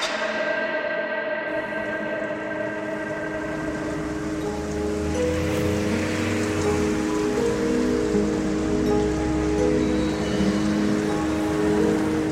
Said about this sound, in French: Lundi 16 avril 2012, tribunal du district d'Oslo. Ce matin, une pluie fine s'abat sur la capitale norvégienne.